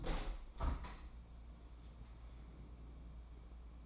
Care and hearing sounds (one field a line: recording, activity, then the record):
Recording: daily activity, microphone in the room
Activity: open window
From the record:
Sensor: 1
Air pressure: 1012.3 hPa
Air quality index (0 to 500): 165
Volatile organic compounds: 3 ppm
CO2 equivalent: 1344 ppm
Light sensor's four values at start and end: 151/339/151/160 and 146/328/145/155